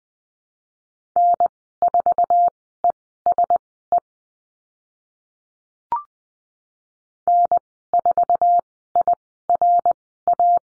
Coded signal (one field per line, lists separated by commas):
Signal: Morse code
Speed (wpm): 20 wpm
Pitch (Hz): 700 Hz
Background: none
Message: N4ESE N4IRA